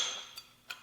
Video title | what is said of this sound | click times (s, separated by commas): REP Pepin vs Ironmaster: Ultimate Adjustable Dumbbell Showdown | the 30 here and I hear two clicks, | 0.4 s, 0.7 s